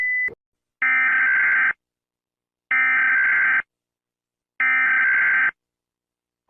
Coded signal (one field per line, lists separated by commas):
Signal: Emergency Alert System (SAME) tones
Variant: header bursts